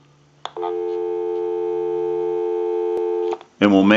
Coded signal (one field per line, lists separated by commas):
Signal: telephone call progress tone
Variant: North America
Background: speech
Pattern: dial tone